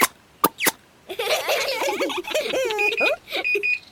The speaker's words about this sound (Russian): Ой, это пищит на кухне моя духовка.